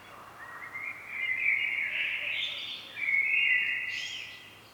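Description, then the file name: Common blackbird singing two linked fluty phrases, the second ending with a brief high squeak. "Turdus merula"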